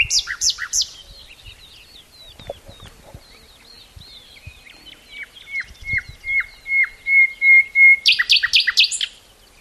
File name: Luscinia megarhynchos